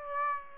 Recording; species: mosquito wingbeat signal from an infrared sensor; Aedes aegypti